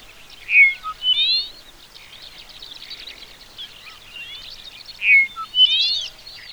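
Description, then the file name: Dupont's lark singing: a short fluted whistle, then a quick rising buzzy slur, the phrase given twice about four and a half seconds apart, over soft background twittering. "Chersophilus duponti"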